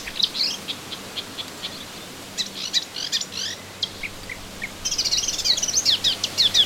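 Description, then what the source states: Melodious warbler song, scattered high chips building into a dense, lively babbling chatter during the final two seconds, with a faint low hum. Recorded in a garden on 25 June 2017.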